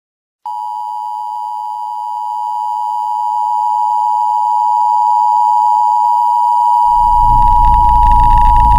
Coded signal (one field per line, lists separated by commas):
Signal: Emergency Alert System (SAME) tones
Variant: 853 and 960 Hz attention tone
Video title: Emergency Alert System: A Broadcasted Cry